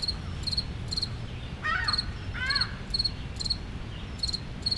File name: amb park solo cricket seagulls city rumble montreal canada loop